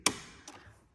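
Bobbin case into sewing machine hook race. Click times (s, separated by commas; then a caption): 0.1 s. A metal bobbin case, handle facing up, is pushed into the hook area of a Bernina B335 sewing machine until it snaps home. A sharp click is heard at 0.1 seconds, followed by a much fainter tick at 0.5 seconds. The bobbin case is seated.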